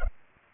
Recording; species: mosquito wingbeat signal from an infrared sensor; Culex pipiens